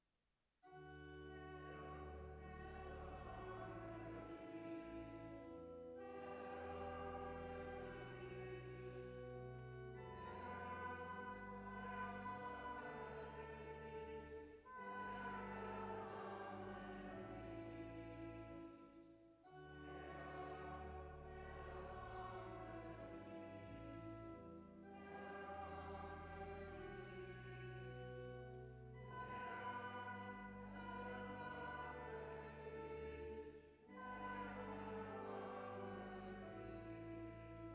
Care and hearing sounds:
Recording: everyday scene through a hearing-aid microphone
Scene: reverberant space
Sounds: music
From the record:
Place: church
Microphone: behind the ear, left, front

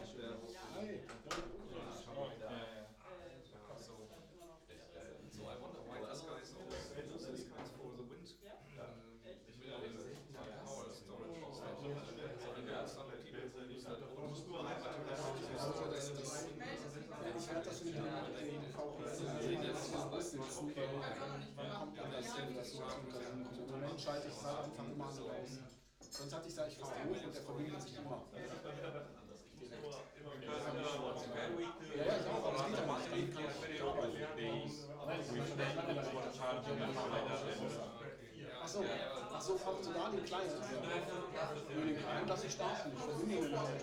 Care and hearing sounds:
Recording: everyday scene through a hearing-aid microphone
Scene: many people talking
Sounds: many voices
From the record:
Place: bistro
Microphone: in the ear canal, right

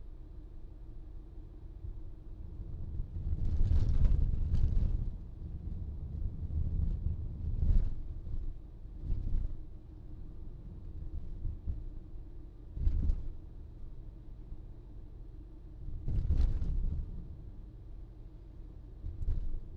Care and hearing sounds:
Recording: everyday scene through a hearing-aid microphone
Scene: in a vehicle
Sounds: engine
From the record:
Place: VW T5 Caravelle, diesel engine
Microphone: in the ear canal, right

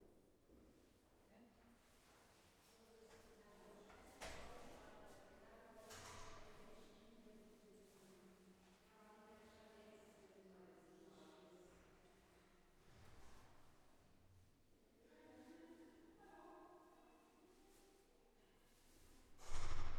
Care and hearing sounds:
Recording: everyday scene through a hearing-aid microphone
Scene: reverberant space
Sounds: speech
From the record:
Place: staircase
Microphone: behind the ear, left, front

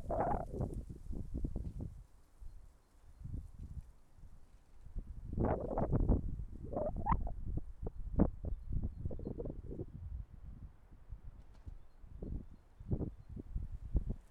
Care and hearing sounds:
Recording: everyday scene through a hearing-aid microphone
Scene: wind on the microphone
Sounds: wind, traffic, birds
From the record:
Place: suburban garden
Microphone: behind the ear, left, rear

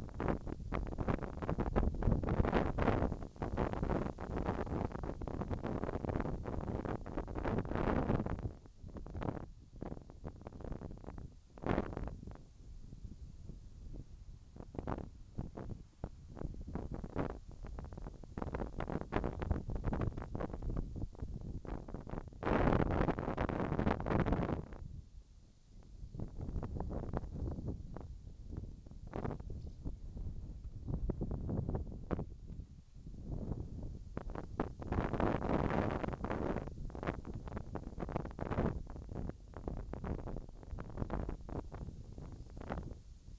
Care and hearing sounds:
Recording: everyday scene through a hearing-aid microphone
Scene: wind on the microphone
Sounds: wind, whistling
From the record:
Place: in front of a rural house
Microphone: in the ear canal, left

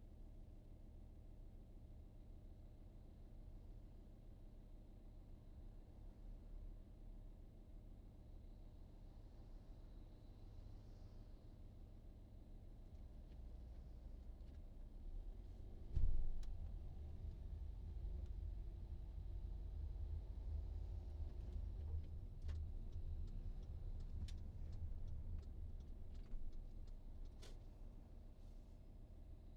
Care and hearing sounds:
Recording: everyday scene through a hearing-aid microphone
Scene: in a vehicle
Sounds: engine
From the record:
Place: VW T5 Caravelle, diesel engine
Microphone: in the ear canal, right

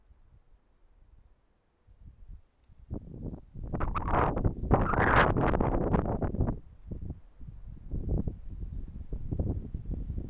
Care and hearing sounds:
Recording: everyday scene through a hearing-aid microphone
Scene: wind on the microphone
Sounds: wind, traffic, birds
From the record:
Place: suburban garden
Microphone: behind the ear, right, rear

